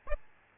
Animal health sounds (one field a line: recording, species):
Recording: mosquito wingbeat signal from an infrared sensor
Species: Aedes albopictus